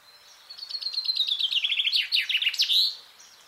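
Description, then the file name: Common chaffinch song: a steady series of bright notes speeds into a falling trill of chirps and closes with a sharp, rising flourish. "Fringilla coelebs"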